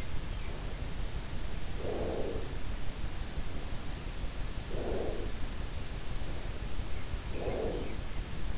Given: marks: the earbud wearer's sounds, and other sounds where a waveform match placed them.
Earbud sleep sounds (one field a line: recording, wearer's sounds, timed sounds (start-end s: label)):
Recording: sounds in sleep by an in-ear microphone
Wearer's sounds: breath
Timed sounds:
1.59-3.04 s: breath
4.53-5.78 s: breath
6.94-8.43 s: breath